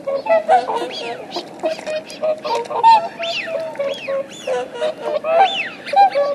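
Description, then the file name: Eurasian wigeon whistles, clear arched wheeoo notes repeated every second or so over a steady background of lower chattering flock calls. "anas-penelope 01"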